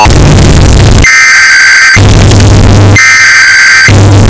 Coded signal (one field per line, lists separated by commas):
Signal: Emergency Alert System (SAME) tones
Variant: header bursts